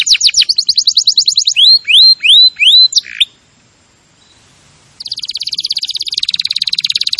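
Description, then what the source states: Canary song of quick trills and rising whistled notes, broken by about two seconds of near silence, then a buzzy rapid trill. Canary singing vigorously (gacor).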